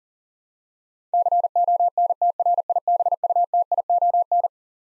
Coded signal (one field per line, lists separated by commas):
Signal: Morse code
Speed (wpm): 40 wpm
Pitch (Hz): 700 Hz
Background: none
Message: CONTRIBUTION